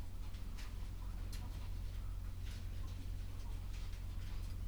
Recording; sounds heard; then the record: poultry house recording; sick chickens (respiratory disease)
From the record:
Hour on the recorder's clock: 11